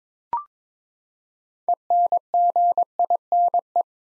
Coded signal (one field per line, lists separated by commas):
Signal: Morse code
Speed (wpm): 21 wpm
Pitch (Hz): 700 Hz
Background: none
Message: ENGINE